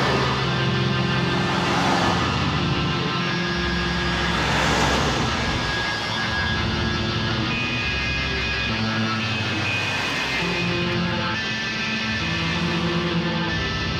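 Traffic and a ride on public transportation blend with synthesizer and organ-like tones. Sustained chords shift every second or two over a steady low rumble, with hissing swells near the start, middle and ten-second mark. The sound stays dense and even throughout.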